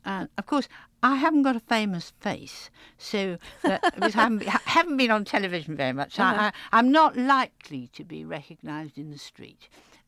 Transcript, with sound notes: Of course, I haven't got a famous face so...
(Laughter).
Because I haven't been on television very much, so I'm not likely to be recognized in the street.